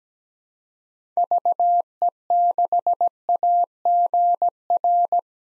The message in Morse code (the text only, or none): VE6AGR